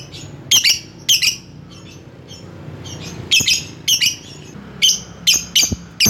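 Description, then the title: Lovebird calls: shrill, harsh chirps in pairs and short bursts, separated by quiet gaps with a low background hum. Lovebird calling a rival. "Lovebird Memanggil Lawan"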